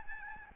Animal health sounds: mosquito wingbeat signal from an infrared sensor; Aedes albopictus

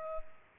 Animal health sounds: mosquito wingbeat signal from an infrared sensor; Culex pipiens

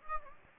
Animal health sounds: mosquito wingbeat signal from an infrared sensor; Anopheles gambiae

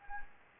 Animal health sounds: mosquito wingbeat signal from an infrared sensor; Anopheles gambiae

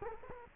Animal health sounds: mosquito wingbeat signal from an infrared sensor; Culex quinquefasciatus

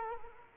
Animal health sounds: mosquito wingbeat signal from an infrared sensor; Culex quinquefasciatus

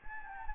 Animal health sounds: mosquito wingbeat signal from an infrared sensor; Anopheles gambiae

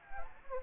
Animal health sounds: mosquito wingbeat signal from an infrared sensor; Anopheles gambiae

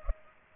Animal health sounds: mosquito wingbeat signal from an infrared sensor; Culex pipiens

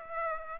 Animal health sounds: mosquito wingbeat signal from an infrared sensor; Aedes aegypti

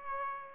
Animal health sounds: mosquito wingbeat signal from an infrared sensor; Aedes aegypti

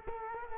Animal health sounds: mosquito wingbeat signal from an infrared sensor; Culex quinquefasciatus

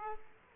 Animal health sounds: mosquito wingbeat signal from an infrared sensor; Aedes aegypti

